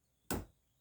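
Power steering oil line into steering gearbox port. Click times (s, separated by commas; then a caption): 0.3 s. The cleaned end of a metal power steering oil line on an S10 is pushed straight into the steering gearbox port until its retaining clip engages. A single sharp click lands at 0.3 s, a short broadband hit that fades within about a quarter second against a quiet background. The quick-connect is seated.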